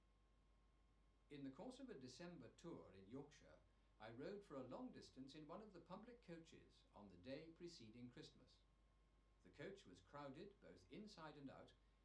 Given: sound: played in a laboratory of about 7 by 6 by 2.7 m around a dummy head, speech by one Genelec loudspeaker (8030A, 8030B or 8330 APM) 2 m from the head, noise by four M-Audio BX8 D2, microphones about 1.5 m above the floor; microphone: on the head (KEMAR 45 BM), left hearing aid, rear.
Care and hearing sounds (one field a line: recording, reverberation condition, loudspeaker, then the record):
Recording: male speech in English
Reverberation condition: low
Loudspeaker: 150 degrees to the right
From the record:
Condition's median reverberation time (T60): about 310 ms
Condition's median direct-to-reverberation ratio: about 3.5 dB